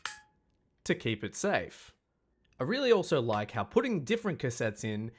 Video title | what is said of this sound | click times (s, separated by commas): Transformers Soundwave, Laserbeak, Ravage & Buzzsaw Studio Series Unboxing & Review | and close it up with a satisfying click | 0.1 s